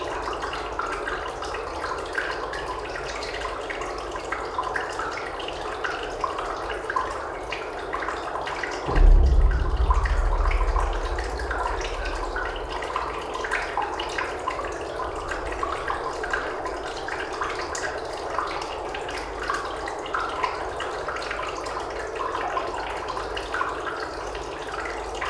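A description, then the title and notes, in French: Meltwater flows inside a glacier, a dense, steady trickle and gurgle with scattered bright drips throughout. Around nine seconds a deep, hollow surge swells up, rumbling low for a couple of seconds before easing back to the constant flow. Glacier de la Meije - Parc national des Ecrins. Le matin il fait -2° à mon arrivée. Une évolution de l'écoulement d'eau très étonnant. Coeur de glacier.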